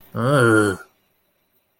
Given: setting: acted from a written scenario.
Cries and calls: vocal sound without words; disgust

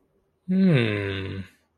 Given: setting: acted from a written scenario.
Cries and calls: vocal sound without words; interest

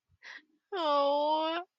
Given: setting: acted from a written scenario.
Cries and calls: vocal sound without words; sadness

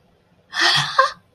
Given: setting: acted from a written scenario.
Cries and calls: vocal sound without words; positive surprise

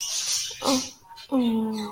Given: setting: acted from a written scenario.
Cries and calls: vocal sound without words; disappointment

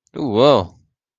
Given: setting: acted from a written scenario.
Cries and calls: vocal sound without words; elation

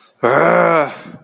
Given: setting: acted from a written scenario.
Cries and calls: vocal sound without words; anger

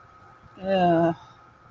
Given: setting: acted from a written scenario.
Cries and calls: vocal sound without words; embarrassment

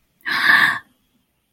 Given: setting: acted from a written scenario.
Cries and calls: vocal sound without words; positive surprise

